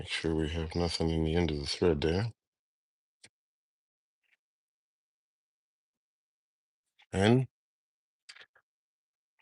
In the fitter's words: nice solid firm click.